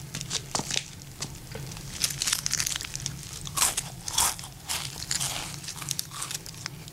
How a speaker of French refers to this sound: Je vous invite à déguster mes nouilles sautées au bœuf. Le fumet est délicieux.